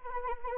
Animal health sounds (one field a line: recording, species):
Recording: mosquito wingbeat signal from an infrared sensor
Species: Anopheles arabiensis